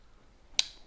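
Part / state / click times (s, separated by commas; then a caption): bike headlight into its handlebar mount / seated / 0.6 s. An aluminium Magicshine Monteer 1400 lumen LED bike headlight is dropped onto its handlebar mount and pushed home. A sharp, loud click comes at 0.6 s, followed by a faint tick near 0.9 s. The light is seated and held securely in its mount.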